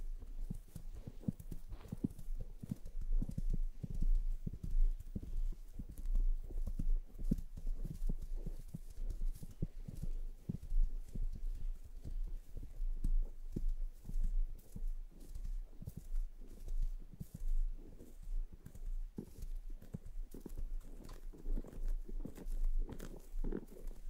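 Scalp massage and hair brushing, heard as a constant run of soft, dull taps and scratchy strokes packed close together in an uneven but steady rhythm. Muffled rubbing fills the gaps, and a low hum sits underneath throughout.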